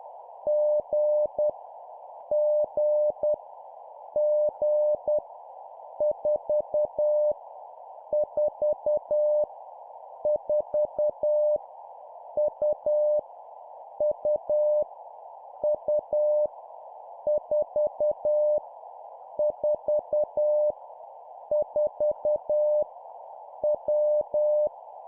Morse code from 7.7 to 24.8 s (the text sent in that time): 4 4 U U U 4 4 4 W